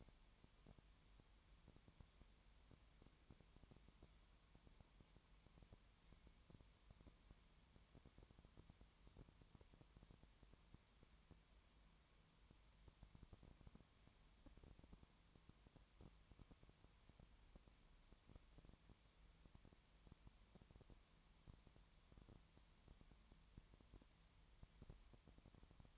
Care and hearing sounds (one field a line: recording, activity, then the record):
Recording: daily activity, microphone in the room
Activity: no activity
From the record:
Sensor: 3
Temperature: 20.5 degrees Celsius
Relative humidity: 32.9%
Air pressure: 1003.2 hPa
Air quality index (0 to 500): 105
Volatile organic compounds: 2 ppm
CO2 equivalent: 1068 ppm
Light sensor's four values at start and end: 2/3/2/2 and 2/3/2/2